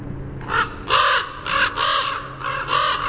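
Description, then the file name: Common raven giving several harsh, grating calls in close succession. "CORA call"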